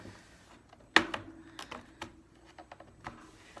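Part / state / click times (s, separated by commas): plastic bottom cover clips on a Chromebook chassis / released / 1.0 s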